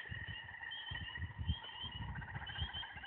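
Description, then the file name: Tree frogs calling in a steady chorus, overlapping trilled tones layered at several pitches, with a constant low rumbling and thumping noise beneath. Tree frogs heard at night on 17 May 2019 at 21:47. "Record 20190517214706 tree frogs"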